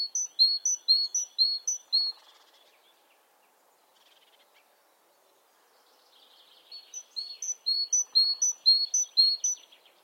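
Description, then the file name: Great tit singing a ringing two-note 'teacher' phrase, high note then lower, in two bursts separated by a quieter pause with faint chatter. "Parus major"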